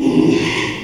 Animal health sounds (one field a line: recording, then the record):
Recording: squeal of a Yucatan mini pig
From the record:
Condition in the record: after surgery on the right vocal fold (resection and tissue-engineered implant)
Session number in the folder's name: 1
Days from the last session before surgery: 6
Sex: male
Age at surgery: 12 weeks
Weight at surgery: 13 kg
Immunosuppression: cyclosporine, prednisolone